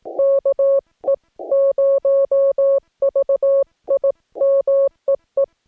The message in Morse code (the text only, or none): KE0VIM EE